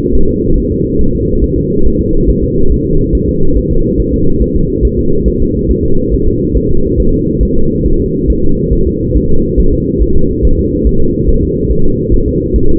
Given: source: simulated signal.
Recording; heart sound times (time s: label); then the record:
fetal heart sounds
0.15 s: S1
0.30 s: S2
0.58 s: S1
0.72 s: S2
1.01 s: S1
1.15 s: S2
1.44 s: S1
1.58 s: S2
1.87 s: S1
2.01 s: S2
2.30 s: S1
2.44 s: S2
2.72 s: S1
2.86 s: S2
3.15 s: S1
3.29 s: S2
3.58 s: S1
3.72 s: S2
4.00 s: S1
4.14 s: S2
4.42 s: S1
4.56 s: S2
4.85 s: S1
4.99 s: S2
5.28 s: S1
5.42 s: S2
5.71 s: S1
5.85 s: S2
6.14 s: S1
6.28 s: S2
6.57 s: S1
6.71 s: S2
7.00 s: S1
7.14 s: S2
7.43 s: S1
7.57 s: S2
7.86 s: S1
8.01 s: S2
8.30 s: S1
8.44 s: S2
8.73 s: S1
8.87 s: S2
9.17 s: S1
9.31 s: S2
9.60 s: S1
9.74 s: S2
10.03 s: S1
10.17 s: S2
10.45 s: S1
10.59 s: S2
10.87 s: S1
11.01 s: S2
11.29 s: S1
11.43 s: S2
11.72 s: S1
11.86 s: S2
12.14 s: S1
12.28 s: S2
12.56 s: S1
12.70 s: S2
From the record:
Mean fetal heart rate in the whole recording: 140 bpm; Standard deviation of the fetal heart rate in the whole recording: 2 bpm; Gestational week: 34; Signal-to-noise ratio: -19.1 dB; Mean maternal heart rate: 72 bpm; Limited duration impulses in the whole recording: present